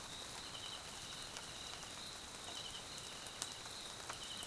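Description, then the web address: Crickets keep up a continuous shrill chirring drone while steady rain falls and drips around them. South African crickets recorded as a background chorus at night in rain in the Mkhaya jungle, Swaziland. "Tonschliff - SOUTH AFRICAN CRICKETS BG Swaziland Mkhaya Jungle Night Rain"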